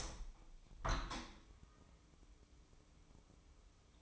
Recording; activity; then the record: daily activity, microphone in the room; open window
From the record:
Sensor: 1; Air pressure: 1015.0 hPa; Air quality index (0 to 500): 28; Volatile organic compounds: 1 ppm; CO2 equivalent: 523 ppm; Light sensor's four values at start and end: 10/25/10/11 and 11/25/10/11